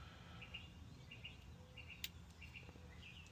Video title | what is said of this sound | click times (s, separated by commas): Kwikset Rekey Door Knob & Deadbolt | That's what you want. A nice click. | 2.0 s